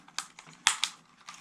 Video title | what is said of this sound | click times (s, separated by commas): MAVIC MINI VIDEO FOR BEGINNERS - And the rest of us | turn it over it snaps right in | 0.7 s